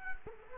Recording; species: mosquito wingbeat signal from an infrared sensor; Culex quinquefasciatus